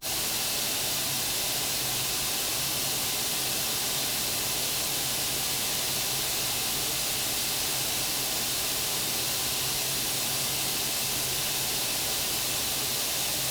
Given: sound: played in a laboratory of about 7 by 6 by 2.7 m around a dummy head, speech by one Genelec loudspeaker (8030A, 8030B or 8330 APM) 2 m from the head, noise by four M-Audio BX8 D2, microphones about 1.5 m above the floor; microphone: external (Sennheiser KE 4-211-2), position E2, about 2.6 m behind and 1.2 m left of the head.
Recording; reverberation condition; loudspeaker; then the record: white noise; medium; four, about 170 cm from the corners of the room and facing them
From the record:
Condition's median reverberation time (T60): about 510 ms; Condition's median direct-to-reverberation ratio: about -0.5 dB